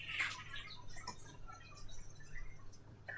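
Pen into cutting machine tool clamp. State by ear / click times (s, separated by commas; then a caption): seated / 1.1 s. A pen, with its cap posted on the back so the cap isn't lost in a busy craft room, is pushed down into clamp A of a craft cutting machine. Over a low background hum there are a few small taps, with a sharp click at 1.1 s and softer knocks later. The pen clicks home and is seated in the clamp.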